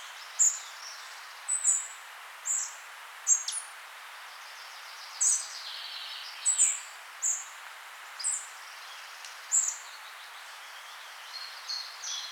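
Bird song: thin, sharp high chirps roughly once a second, with a softer warbling phrase in the middle, over steady background hiss.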